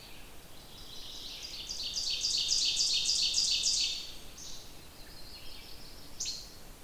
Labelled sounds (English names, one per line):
Ovenbird song